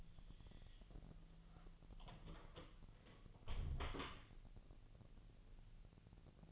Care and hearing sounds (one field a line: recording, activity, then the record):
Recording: daily activity, microphone in the room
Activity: close door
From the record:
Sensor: 4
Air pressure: 1002.1 hPa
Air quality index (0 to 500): 248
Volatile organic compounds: 41 ppm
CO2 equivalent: 3166 ppm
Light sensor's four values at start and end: 9/21/8/7 and 10/22/8/8